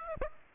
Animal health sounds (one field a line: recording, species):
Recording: mosquito wingbeat signal from an infrared sensor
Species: Aedes aegypti